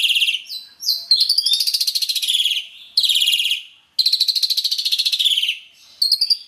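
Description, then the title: Asian pied starling song: loud harsh rasping phrases in several bursts, each a rapid buzzy pulsing series, with brief gaps between. "Jalak Suren"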